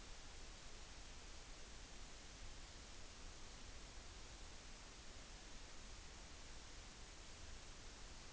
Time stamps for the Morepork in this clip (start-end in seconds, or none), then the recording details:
none. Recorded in New Zealand on 14 June 2013. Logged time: 02:27. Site Ponui